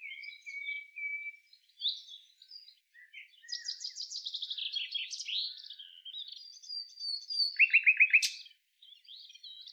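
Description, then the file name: Common nightingale song opening with a drawn-out pure whistle, then chattering phrases, a fast buzzy run of repeated notes, and a sharp, rapid trill near the end. "Luscinia megarhynchos"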